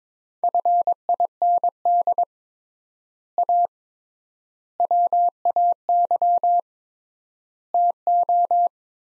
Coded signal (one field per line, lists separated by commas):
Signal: Morse code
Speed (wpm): 21 wpm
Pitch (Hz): 700 Hz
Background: none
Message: FIND A WAY TO